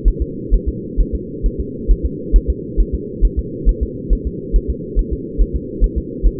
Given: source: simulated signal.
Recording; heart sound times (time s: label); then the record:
fetal heart sounds
0.08 s: S1
0.22 s: S2
0.54 s: S1
0.69 s: S2
1.00 s: S1
1.15 s: S2
1.46 s: S1
1.60 s: S2
1.91 s: S1
2.06 s: S2
2.36 s: S1
2.50 s: S2
2.80 s: S1
2.95 s: S2
3.25 s: S1
3.39 s: S2
3.69 s: S1
3.83 s: S2
4.13 s: S1
4.27 s: S2
4.56 s: S1
4.70 s: S2
4.99 s: S1
5.13 s: S2
5.41 s: S1
5.56 s: S2
5.84 s: S1
5.98 s: S2
6.26 s: S1
From the record:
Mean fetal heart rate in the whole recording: 135 bpm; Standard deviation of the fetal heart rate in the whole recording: 3 bpm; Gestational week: 36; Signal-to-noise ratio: -4.1 dB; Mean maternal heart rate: no maternal heart sound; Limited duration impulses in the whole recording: absent